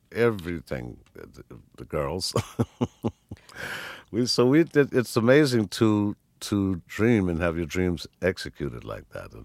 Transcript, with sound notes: everything, the girls.
(LAUGHTER)
So we did - it's amazing to dream and have your dreams executed like that,